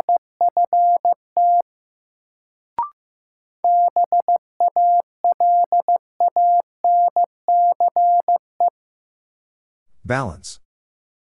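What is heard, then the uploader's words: A steady mid-pitched tone spells out a word in Morse code, beeping in short dots and longer dashes with brief gaps between letters. A single sharp click interrupts near the three-second mark, and a short rough, buzzy burst ends the clip around ten seconds. First, the word is sent in Morse code.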